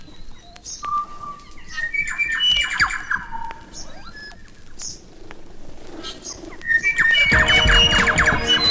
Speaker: It's not surprising that Maori mythology describes Korimako, the bellbird, as the messenger of Tane, sent to herald the coming of the sun.